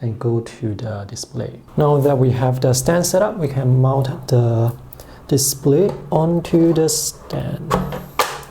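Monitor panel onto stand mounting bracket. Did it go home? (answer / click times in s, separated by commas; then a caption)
no / none. Someone talks while handling a BenQ PD2706UA display panel, which is about to be mounted onto its assembled stand's mounting attachment. Nothing has seated or clicked onto the stand yet.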